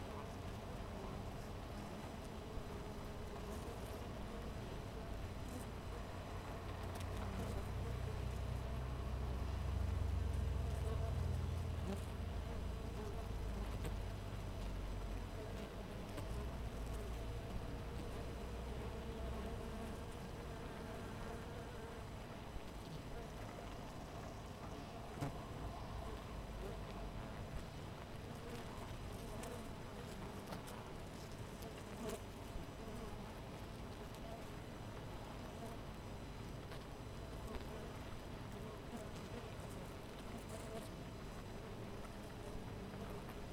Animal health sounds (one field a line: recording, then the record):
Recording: honeybee colony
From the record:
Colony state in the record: missing queen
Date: 14 July 2017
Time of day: 5:50